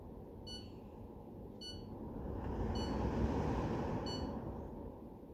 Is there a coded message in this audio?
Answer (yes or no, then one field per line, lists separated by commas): no